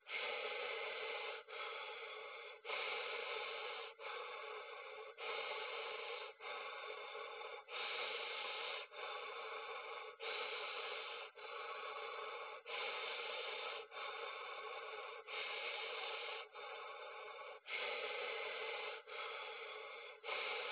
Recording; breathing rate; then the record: paced breathing near a phone; 24 breaths a minute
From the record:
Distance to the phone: 20 cm